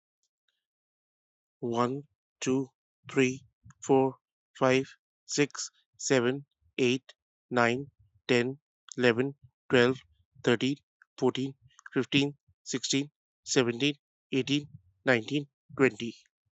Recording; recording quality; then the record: counting at a normal pace; excellent, no background noise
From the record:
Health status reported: healthy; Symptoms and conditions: hypertension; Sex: male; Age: 37 years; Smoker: yes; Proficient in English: yes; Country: India